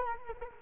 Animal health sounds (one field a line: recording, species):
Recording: mosquito wingbeat signal from an infrared sensor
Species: Culex quinquefasciatus